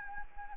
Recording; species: mosquito wingbeat signal from an infrared sensor; Anopheles arabiensis